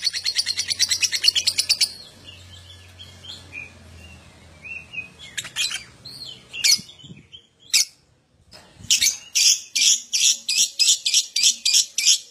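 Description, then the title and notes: Lovebird chattering in shrill high squeaks, a dense burst at the start, scattered notes, then a fast regular series of sharp chirps about three per second. Adult lovebird, gacor (singing constantly) with an owor-owor song style. "LOVEBIRD GACOR OWOR OWOR. Lovebird Dewasa"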